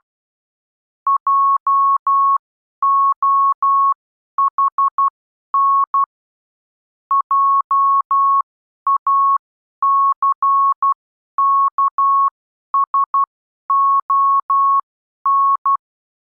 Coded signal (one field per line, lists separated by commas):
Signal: Morse code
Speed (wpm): 12 wpm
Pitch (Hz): 1100 Hz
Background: none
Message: JOHN JACKSON